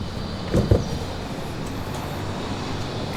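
A Nissan Skyline GTR R32's hood or trunk lid is handled as it is lowered toward its body latch. A pair of dull, low thumps comes at about 0.6 and 0.7 seconds over a steady low rumble of background noise. Nothing has latched or seated yet.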